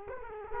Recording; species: mosquito wingbeat signal from an infrared sensor; Culex quinquefasciatus